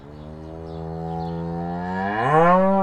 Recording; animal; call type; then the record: contact call of a hoofed animal; cattle; low-frequency (closed-mouth) or high-frequency (open-mouth) call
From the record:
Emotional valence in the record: negative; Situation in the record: full separation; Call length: 2.9 s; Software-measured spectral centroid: 1000 Hz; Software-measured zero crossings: 1120 a second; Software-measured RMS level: -22 dBFS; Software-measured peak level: -5 dBFS